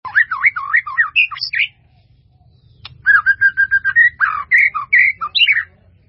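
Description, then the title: White-rumped Shama song with swooping whistles, a pause, then a string of evenly repeated clear notes followed by rich warbled phrases over a soft low hum. "murai batu"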